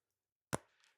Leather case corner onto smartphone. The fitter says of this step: you get a pop a nice satisfying click and a pop on all four corners